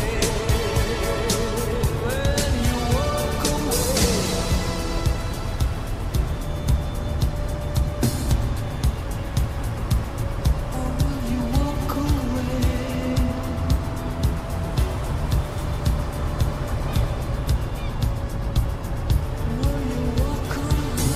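A steady low rumble of a vehicle in motion fills the whole recording, with a dense, even loudness throughout. Faint wavering tones drift in and out above it, like a radio playing, while quick ticks and crackles repeat regularly across the top.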